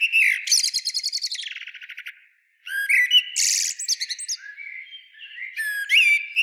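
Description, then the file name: Common blackbird twittering: a fast run of high buzzy notes, a short pause, then squeaky chirps and thin whistles. "Turdus merula"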